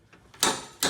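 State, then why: Torque reached. A click-type torque wrench with a 24 mm socket tightens the blade spindle bolt on a Cub Cadet XT1 Enduro Series LT46 mower during a mulch kit install. After faint ticks, the wrench gives a sharp click at 0.4 s as it reaches its set torque of about 100 ft-lb, and a second sharp snap follows at 0.8 s. The bolt is torqued to the setting.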